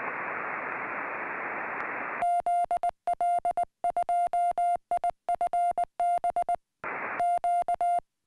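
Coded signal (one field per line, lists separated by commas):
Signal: Morse code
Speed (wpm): 19 wpm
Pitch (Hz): 700 Hz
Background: music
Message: ZL2IFB Q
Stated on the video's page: Summits on the Air CW activation from a peak, reached on a fly-in trip.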